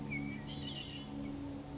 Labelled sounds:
Red-winged Blackbird (Agelaius phoeniceus)
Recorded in Sonoma County, California

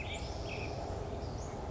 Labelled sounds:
Western Flycatcher (Empidonax difficilis)
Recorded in Sonoma County, California

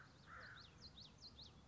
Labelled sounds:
Common Yellowthroat (Geothlypis trichas)
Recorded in Sonoma County, California

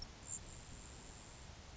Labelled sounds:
Grasshopper Sparrow (Ammodramus savannarum)
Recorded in Sonoma County, California

